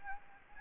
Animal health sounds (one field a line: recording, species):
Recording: mosquito wingbeat signal from an infrared sensor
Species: Anopheles gambiae